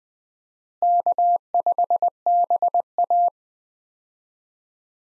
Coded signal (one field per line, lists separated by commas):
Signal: Morse code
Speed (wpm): 20 wpm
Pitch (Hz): 700 Hz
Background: none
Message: K5BA